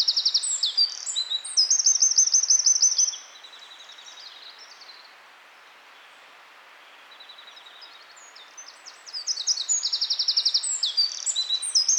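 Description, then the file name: Eurasian wren song: a burst of loud, shrill trilling for three seconds, about six seconds of quiet, then another vigorous rapid trilled phrase to the end. "Troglodytes troglodytes"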